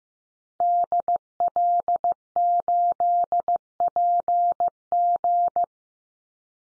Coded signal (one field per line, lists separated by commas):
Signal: Morse code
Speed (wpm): 15 wpm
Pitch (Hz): 700 Hz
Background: none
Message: DL8PG